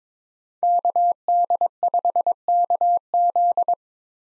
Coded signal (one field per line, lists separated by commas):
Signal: Morse code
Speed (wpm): 22 wpm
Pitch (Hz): 700 Hz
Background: none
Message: KD5KZ